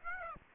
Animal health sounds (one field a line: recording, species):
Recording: mosquito wingbeat signal from an infrared sensor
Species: Aedes aegypti